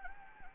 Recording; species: mosquito wingbeat signal from an infrared sensor; Anopheles gambiae